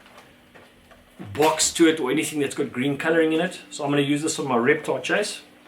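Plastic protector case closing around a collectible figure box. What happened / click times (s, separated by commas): The plastic case is handled but not yet snapped shut / none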